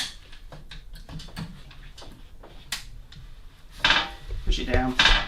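Someone talks while pushing the plastic ride-on seat stem of a Micro 4-in-1 Mini 2 Grow kids' scooter down into its deck socket, pressing its red spring plunger. Light plastic knocks and taps are followed by louder rattling handling noise from about 3.9 s to the end. Nothing has seated or clicked into place yet.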